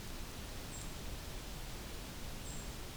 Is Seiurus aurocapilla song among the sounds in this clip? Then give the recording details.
no. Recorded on 2 June 2016 at 05:26. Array SBT-3-7